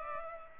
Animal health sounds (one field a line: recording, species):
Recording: mosquito wingbeat signal from an infrared sensor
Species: Culex pipiens